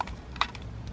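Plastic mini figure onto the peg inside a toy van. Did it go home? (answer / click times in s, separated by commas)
yes / 0.4 s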